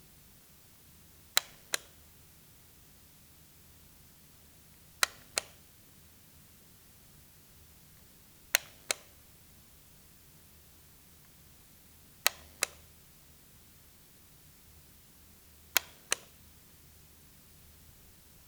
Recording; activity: daily activity, guitar pickup as the sensor; operate light